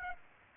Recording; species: mosquito wingbeat signal from an infrared sensor; Aedes aegypti